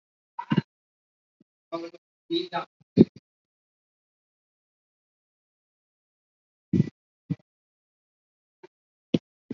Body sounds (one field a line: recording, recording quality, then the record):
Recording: deep breathing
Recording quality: poor, much background noise or distortion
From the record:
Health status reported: COVID-19 positive, moderate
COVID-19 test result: positive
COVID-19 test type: RT-PCR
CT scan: taken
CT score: 1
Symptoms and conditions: breathing difficulty, hypertension, diabetes, ischaemic heart disease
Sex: male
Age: 40 years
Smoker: no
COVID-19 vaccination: both doses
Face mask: not worn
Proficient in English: no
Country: India